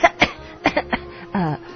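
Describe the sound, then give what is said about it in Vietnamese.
A woman on a telephone call fakes a heavy, hacking cough as if seriously ill: five harsh, uneven bursts in quick succession, ending in a short voiced, throaty groan, with no talking. “rồi giả bộ ho sù sụ như người bị đau nặng, rồi nàng cất tiếng hỏi tiếp.”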